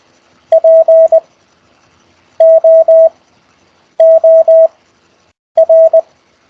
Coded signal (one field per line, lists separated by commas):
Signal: Morse code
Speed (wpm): 20 wpm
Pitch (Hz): 650 Hz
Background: none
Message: POOR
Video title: CW Morse Code QSO Practice Over Skype Week Eight